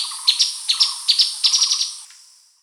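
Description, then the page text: Streaked spiderhunter calling in a rapid series of sharp, high chips, often in pairs, then fading out. "Streaked Spiderhunter Calls. Quick Sounds"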